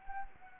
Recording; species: mosquito wingbeat signal from an infrared sensor; Anopheles gambiae